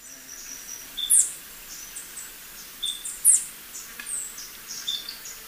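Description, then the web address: Beryl-spangled Tanager calls: two sharp, very high sibilant chips about two seconds apart, with fainter high twitters and short whistles. Recorded in Ecuador. "Birds of Ecuador. Beryl-spangled Tanager"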